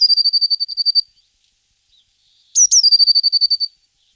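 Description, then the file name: Eurasian blue tit song: a fast, even trill of high notes lasting a second, then two sharp downslurred notes leading into another rapid trill. Recorded in 2004. "roche 2004 blaumeise"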